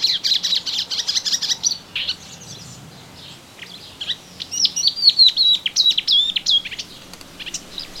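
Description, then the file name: Melodious warbler with a rushing, scratchy twitter, a brief lull, then a louder run of clear whistled and chattering notes. Recorded in a garden on 25 June 2017. "Orpheusspötter 2017 06 25 Garten"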